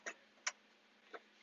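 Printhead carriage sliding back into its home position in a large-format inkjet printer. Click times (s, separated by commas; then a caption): 0.5 s. The printhead carriage of an Epson SureColor P9570 large-format inkjet printer is slid back into its home position after swab-cleaning around the printhead. A sharp click at 0.5 s marks it seating into place, with a softer tick just before at about 0.1 s and another at 1.1 s over a low steady hum.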